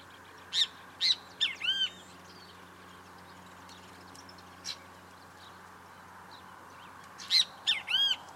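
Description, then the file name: Great kiskadee song: loud phrases of three to four notes, one at the start and one near the end, with a lone short note between them over quiet background. "Benteveo -Canto"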